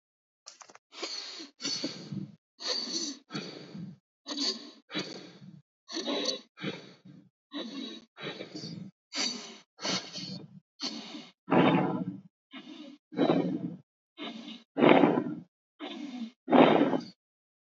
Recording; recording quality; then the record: shallow breathing; excellent, no background noise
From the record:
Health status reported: healthy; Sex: male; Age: 52 years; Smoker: yes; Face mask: not worn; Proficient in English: yes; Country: India